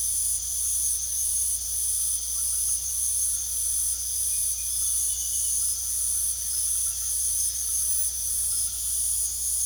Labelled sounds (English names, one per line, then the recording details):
none
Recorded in pastures near Puerto Asís, Putumayo, Colombia, on 9 March 2025 at 00:00
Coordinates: 0.497, -76.327
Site G072